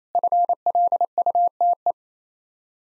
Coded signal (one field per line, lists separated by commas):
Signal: Morse code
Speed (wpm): 29 wpm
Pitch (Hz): 700 Hz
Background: none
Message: FLUTE